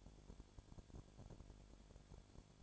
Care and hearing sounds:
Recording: daily activity, microphone in the room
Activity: no activity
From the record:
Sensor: 5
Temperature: 20.2 degrees Celsius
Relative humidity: 36.5%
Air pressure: 1001.2 hPa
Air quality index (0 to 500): 177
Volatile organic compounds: 4 ppm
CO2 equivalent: 1618 ppm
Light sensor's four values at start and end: 2/3/1/1 and 2/3/1/1

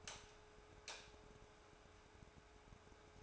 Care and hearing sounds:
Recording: daily activity, microphone in the room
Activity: light off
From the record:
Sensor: 2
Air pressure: 1010.1 hPa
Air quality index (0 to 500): 160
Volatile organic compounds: 7 ppm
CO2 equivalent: 2004 ppm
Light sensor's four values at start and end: 45/113/49/55 and 40/96/43/48

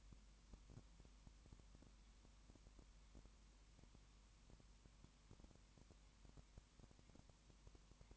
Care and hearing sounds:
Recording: daily activity, microphone in the room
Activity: no activity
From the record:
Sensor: 1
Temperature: 19.7 degrees Celsius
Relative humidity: 40.5%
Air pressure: 1010.6 hPa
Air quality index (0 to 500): 208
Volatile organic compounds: 55 ppm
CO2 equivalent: 3361 ppm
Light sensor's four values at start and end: 1/2/1/1 and 1/2/1/1

